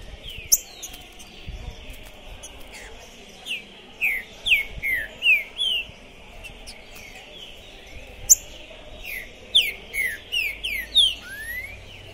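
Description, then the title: Green-winged saltator song: two bursts of quick falling whistles separated by a pause. Captive bird at a singing tournament in 2021, singing at the tournament entrance to warm up for the contest; described as calling, singing and 'macheando' (male display singing); style called 'pistoleiro'. "ESQUENTAR Seu TRINCA Piando, Cantando E Macheando Na DISPUTA. Esse TRINCA FERRO ficou POSSUÍDO na PORTA do TORNEIO! Trinca Ferro Pistoleiro 2021!"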